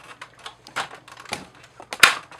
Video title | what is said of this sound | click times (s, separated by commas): Transformers Reviews-Encore 23-Fortress Maximus | there we go locks into place | 2.0 s